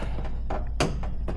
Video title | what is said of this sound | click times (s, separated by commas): How I Gave This Old Cabinet a Crazy Makeover! | usually snaps into place. There it goes. | 0.8 s